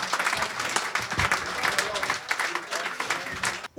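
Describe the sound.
Live audience applause at the Millennium on the island of Abo as a blues band takes the stage: dense, steady clapping from a crowd fills the whole stretch, with indistinct voices mixed in, dipping briefly near the end before a final loud burst.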